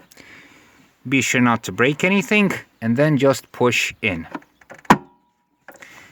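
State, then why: Seated. Someone talks while a plastic tail light bulb holder is pushed back into its slots in the tail light housing. A sharp click is heard at 4.9 s, a sure sign that the holder is seated back in place correctly.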